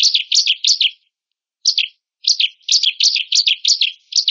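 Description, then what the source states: Bar-winged prinia giving harsh, buzzy chirps: a quick run, a pause, a single note, another pause, then a longer series of rasping notes. Female bird.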